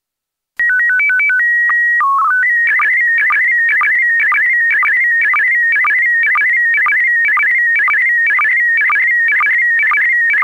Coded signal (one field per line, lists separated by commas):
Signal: SSTV (slow-scan television)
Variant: PD 120